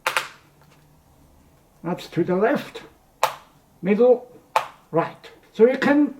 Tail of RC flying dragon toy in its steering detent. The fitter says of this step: You can hear it clicking.